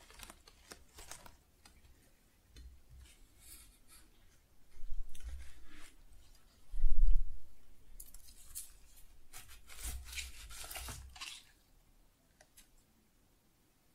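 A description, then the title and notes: Crisp crinkling and rustling of flowers being handled, in soft scattered bursts, loudest around seconds five, seven and ten. ASMR Most Beautiful Tingly Flower Sounds (No Talking).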